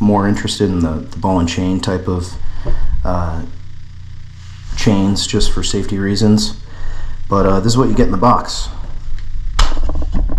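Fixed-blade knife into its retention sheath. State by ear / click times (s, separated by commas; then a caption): seated / 9.6 s. Someone talks while a Bradford fixed-blade neck knife, from the G-necker and G-cleaver pair, is pushed into its molded retention sheath. It snaps firmly into place with a sharp click at 9.6 s, followed by a few quieter clicks, and sits seated without rattling.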